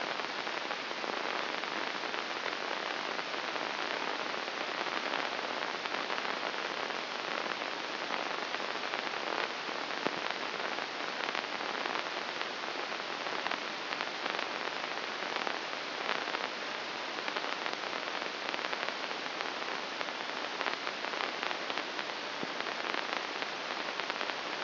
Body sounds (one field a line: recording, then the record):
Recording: brain microelectrode recording played as sound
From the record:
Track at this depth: inside the subthalamic nucleus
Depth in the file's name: 2.006 mm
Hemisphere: right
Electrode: 2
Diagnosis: Parkinson's disease